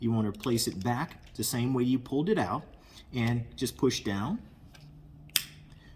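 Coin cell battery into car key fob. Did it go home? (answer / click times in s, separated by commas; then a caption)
yes / 5.4 s. A CR2032 coin cell battery is placed size side up into the battery slot of a plastic Audi key fob (A4, A5, Q5, Q7, Allroad, TT, S4, S5) and pushed down. Someone talks, then after a quiet pause a sharp click at 5.4 s marks the battery locking into place.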